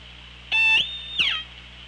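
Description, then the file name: Orca calls underwater: a strong level harmonic call followed quickly by a downward-sweeping one, over hiss and low hum. OrcaLab hydrophone, 24 August 2017, 15:53:33. "Orca Lab JASON 20170824 155333"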